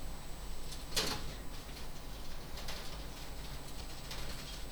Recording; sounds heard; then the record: poultry house recording; no chicken sound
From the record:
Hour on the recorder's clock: 1